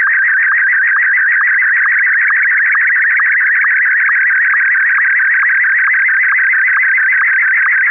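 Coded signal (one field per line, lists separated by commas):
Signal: SSTV (slow-scan television)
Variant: Martin 1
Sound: warbling buzzy tone constantly shifting pitch, with a quick low tick about twice a second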